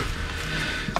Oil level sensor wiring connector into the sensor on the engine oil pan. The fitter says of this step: just put it in until it snaps into place and here a little pop and